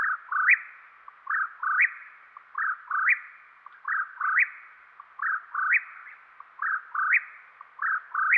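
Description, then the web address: Whip-poor-will song of clear whistled triplets, a short note then a slurred rising end, repeated in a steady rhythm with short pauses between. Recorded in western North America. "Dan Gibson Wildlife Identification By Sound, Western North America. Whip Poor Will"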